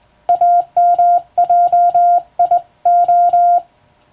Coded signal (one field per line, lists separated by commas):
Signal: Morse code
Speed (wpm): 20 wpm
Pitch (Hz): 700 Hz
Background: music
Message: AMJIO